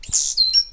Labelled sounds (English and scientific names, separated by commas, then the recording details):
Stitchbird (Notiomystis cincta) song
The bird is a male
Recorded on Tiritiri Matangi Island, New Zealand, in 2005
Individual 8, of nest box 10